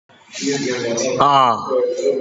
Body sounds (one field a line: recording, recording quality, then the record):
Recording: sustained vowel as in made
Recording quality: moderate, slight background noise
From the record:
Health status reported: COVID-19 positive, mild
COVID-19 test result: positive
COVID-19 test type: RT-PCR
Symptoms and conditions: sore throat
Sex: male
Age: 53 years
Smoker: no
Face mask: not worn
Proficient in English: yes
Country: India